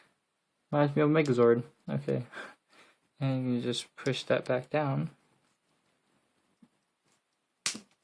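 Someone talks, then pushes a movable plastic part of a 1/100 Gundam SEED Frame Astrays GAT-X105E model kit back down into its frame joint. The part clicks into its locked position with a sharp hit at 7.7 s, and it is seated.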